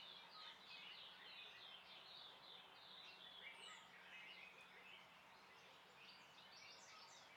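Bird chorus: many quick chirping and twittering notes overlap continuously, with a brief higher sliding whistle near the middle and a faint low hum underneath.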